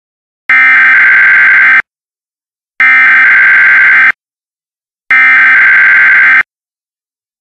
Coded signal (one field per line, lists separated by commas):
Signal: Emergency Alert System (SAME) tones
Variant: header bursts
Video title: MOCK EAS NUCLEAR EMERGENCY EAST TENNESSEE - IT COULD HAPPEN TOMMORROW